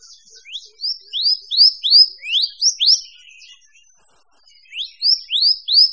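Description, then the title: Birdsong of repeated arching whistled notes, each sweeping up and down, delivered in a rapid run, a pause, then another short run. Mixed birds. "manuk campur"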